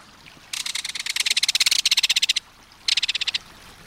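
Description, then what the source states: Belted Kingfisher rapid-fire rattle: a loud, dry series of clicking notes lasting nearly two seconds, then a shorter burst after a brief gap. Rapid-fire call given while dashing through the air, warning intruders.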